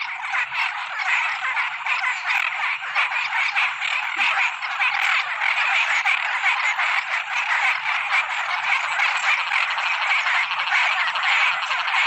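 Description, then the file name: Frogs in a dense evening chorus, countless overlapping rasping croaks merging into a steady, even roar with no pauses. Toads and frogs calling in the evening. "Tieng coc nhai keu vao buoi toi"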